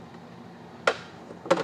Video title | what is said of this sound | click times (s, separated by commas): New FMS FJ40 1/10 RTR! $359 Scale truck? | everything kind of clicks into place I don't really see that flying open it could I guess | 0.9 s